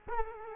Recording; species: mosquito wingbeat signal from an infrared sensor; Culex quinquefasciatus